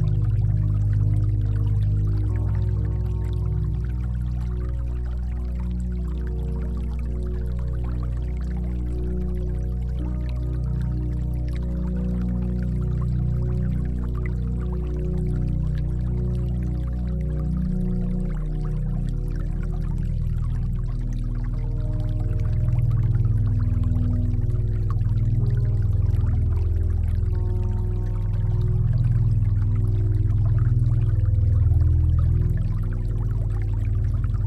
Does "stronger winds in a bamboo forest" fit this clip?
no